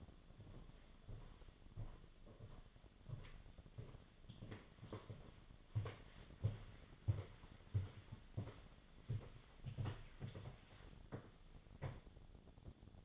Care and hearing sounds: daily activity, microphone in the room; walk to room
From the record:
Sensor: 4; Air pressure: 1010.9 hPa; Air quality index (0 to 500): 161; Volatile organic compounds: 4 ppm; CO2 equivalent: 1643 ppm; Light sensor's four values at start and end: 45/126/51/53 and 43/122/49/51

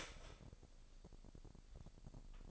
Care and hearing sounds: daily activity, microphone in the room; start toaster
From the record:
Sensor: 5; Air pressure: 1007.2 hPa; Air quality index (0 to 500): 124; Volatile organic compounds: 1 ppm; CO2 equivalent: 946 ppm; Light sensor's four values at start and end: 25/57/23/24 and 25/58/24/24

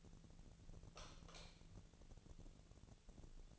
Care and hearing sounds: daily activity, microphone in the room; light off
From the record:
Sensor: 4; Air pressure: 1000.8 hPa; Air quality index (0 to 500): 125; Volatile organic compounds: 1 ppm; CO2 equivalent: 939 ppm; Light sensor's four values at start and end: 29/75/30/33 and 27/65/27/28

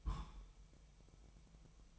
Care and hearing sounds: daily activity, microphone in the room; place on stove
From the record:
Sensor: 1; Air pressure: 999.3 hPa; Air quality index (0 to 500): 200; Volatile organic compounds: 41 ppm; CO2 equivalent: 3163 ppm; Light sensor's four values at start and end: 9/22/8/9 and 9/22/8/9

